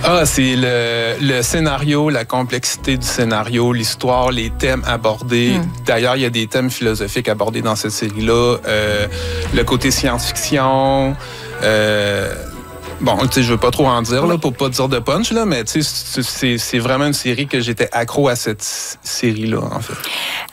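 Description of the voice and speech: A 47-year-old man who has stuttered all his life speaks French at a moderate pace, mostly fluently, with a stretched "s" sound and a quick repeated "c'est, c'est", some prolonged vowels and hesitant pauses. These are mild stuttering moments, a sound prolongation and a word repetition in otherwise smooth speech, from a hereditary, neurodevelopmental stutter that has greatly decreased since age 15.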